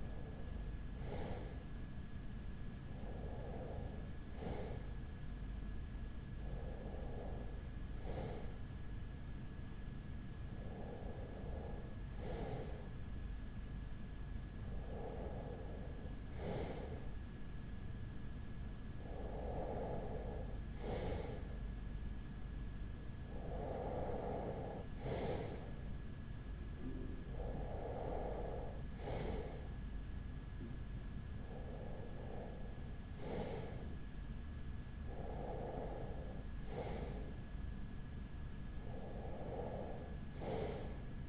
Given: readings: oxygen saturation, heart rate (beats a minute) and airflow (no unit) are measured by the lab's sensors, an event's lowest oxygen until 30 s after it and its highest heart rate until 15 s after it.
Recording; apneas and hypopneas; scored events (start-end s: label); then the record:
breathing in sleep by a smartphone at the bedside; none
none scored
From the record:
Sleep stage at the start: REM sleep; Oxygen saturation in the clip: 94 to 95%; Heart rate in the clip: 37 to 42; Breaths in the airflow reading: 11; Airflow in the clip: -5.1 to 3.8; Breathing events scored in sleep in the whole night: 207 in 7.6 hours asleep